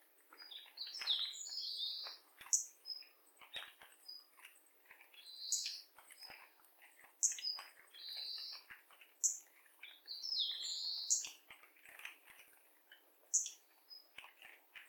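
Bird calling, a busy run of high, thin chirps and twittering notes coming in bursts throughout.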